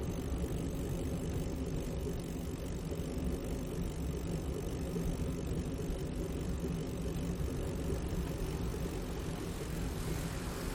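A steady, dense low rumble of city traffic in central Bogotá, heard from a bicycle, with constant engine drone and little change throughout.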